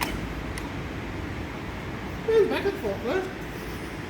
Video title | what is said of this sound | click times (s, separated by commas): LF 2 NO , pre operational check. (unofficial video). | make sure it locks into place | 0.6 s